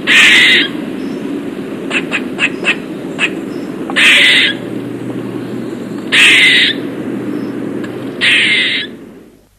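Eastern gray squirrel giving harsh, raspy calls about every two to four seconds, each roughly half a second long, with a few short ticking notes between them over a steady low hum.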